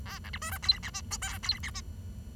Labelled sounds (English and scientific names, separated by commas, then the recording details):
Bengalese Finch (Lonchura striata domestica) song
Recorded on 23 June 2012 at 09:47
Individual gr41rd51